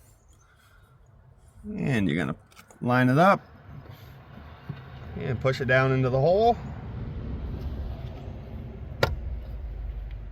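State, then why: Seated. A new MAP sensor is lined up and pushed down into its hole in the intake manifold port of a 2011–2015 Chevy Cruze while someone talks. A single sharp click at 9.0 seconds marks the sensor seating in its bore.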